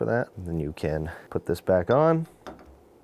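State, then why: Not seated. A removed Defiant keyed entry door knob handle is handled beside the lockset spindle, ready to be slid back on, while someone talks. Two faint clicks of handling are heard near 2.5 and 2.6 seconds. Nothing has seated or clicked into place yet.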